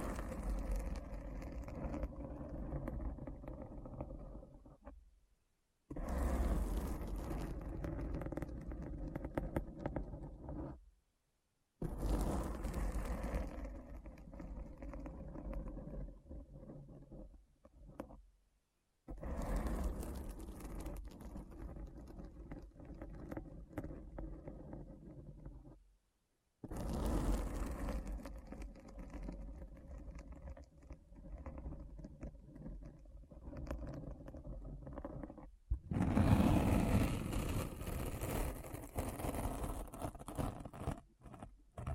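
A deep, scratchy rumble, heavy in the low end with a rough grainy wash above, plays in blocks of about six to eight seconds separated by short silences. The texture stays dense and steady within each block, and the final stretch is the loudest.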